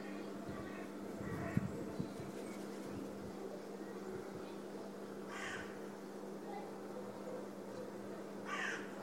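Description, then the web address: Bird giving faint rough calls, two clearer caw-like notes a few seconds apart in the second half, against a steady hum and murky background noise. "Bird Only"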